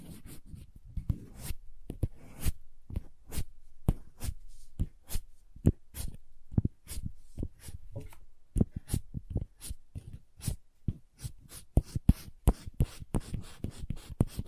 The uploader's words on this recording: ASMR Sleepy Crayons Tapping, Carving, Cutting, Drawing Sounds (No Talking).